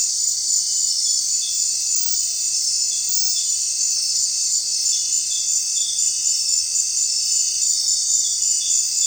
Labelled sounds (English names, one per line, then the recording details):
none
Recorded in secondary vegetation near Puerto Asís, Putumayo, Colombia, on 29 June 2025 at 19:00
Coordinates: 0.499, -76.323
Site G077